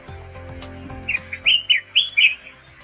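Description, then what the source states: Collared Finchbill giving a short burst of several clear, slurred chirps. Several wintering birds feeding on crabapples in a crabapple garden, Beijing, China, 15 January 2022, temperature -8 to 3°C; call described as very pleasant, reason people keep them caged.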